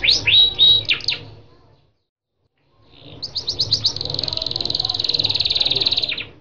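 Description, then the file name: Lancashire canary gives a few sharp chirps with a whistle, falls silent for about a second, then launches into a long, even, buzzy trill. "kenari lancashire"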